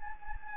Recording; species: mosquito wingbeat signal from an infrared sensor; Anopheles gambiae